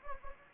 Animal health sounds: mosquito wingbeat signal from an infrared sensor; Anopheles gambiae

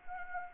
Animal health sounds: mosquito wingbeat signal from an infrared sensor; Anopheles arabiensis

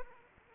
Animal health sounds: mosquito wingbeat signal from an infrared sensor; Anopheles arabiensis

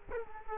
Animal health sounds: mosquito wingbeat signal from an infrared sensor; Culex quinquefasciatus

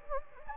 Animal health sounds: mosquito wingbeat signal from an infrared sensor; Anopheles gambiae

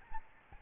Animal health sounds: mosquito wingbeat signal from an infrared sensor; Aedes albopictus

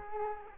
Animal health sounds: mosquito wingbeat signal from an infrared sensor; Culex quinquefasciatus

